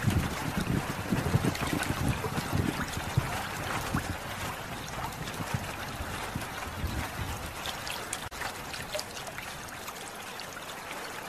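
Water churns and splashes steadily, with a dense hiss spread across the range. Low rumbling gusts, like wind or a boat's wake, push through in the first few seconds, then ease, leaving a softer, even wash.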